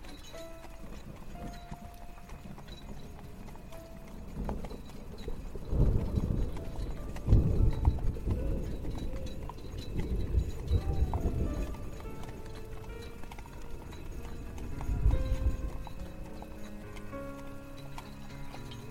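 A horse-drawn carriage rolls along with steady clip-clop hooves, rumbling wheels, and louder surges around six, seven, ten and fifteen seconds.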